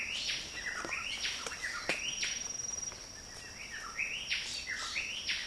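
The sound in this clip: Fiji whistler singing repeated rich whistled phrases over a constant high-pitched hum.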